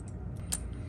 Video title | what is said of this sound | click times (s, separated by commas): Motorcycle Brake Master Cylinder Rebuild in 4K - Oregon Motorcycle 2021 #DIY #howto #brakes | the clip's not all the way in there so put a little more pressure and i got this so i'm just going to poke it down in there maybe | 0.5 s